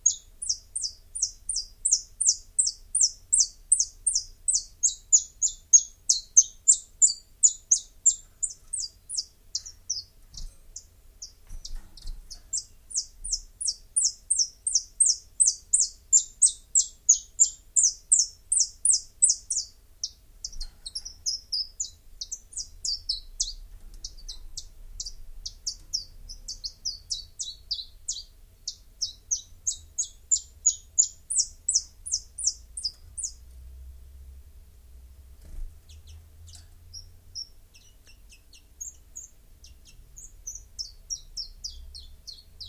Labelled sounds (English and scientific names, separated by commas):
Common Chiffchaff (Phylloscopus collybita) song